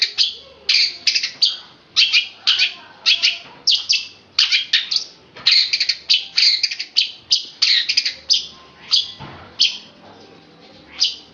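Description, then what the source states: Oriental magpie-robin song: rapid bursts of varied, scratchy chirps and whistles, high-pitched and delivered in quick runs with brief pauses between phrases. Long-duration chirping song.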